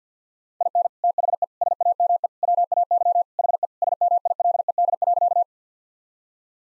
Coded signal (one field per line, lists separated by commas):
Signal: Morse code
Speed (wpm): 50 wpm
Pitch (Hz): 700 Hz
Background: none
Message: IN THE SAME WAY HE SMILED.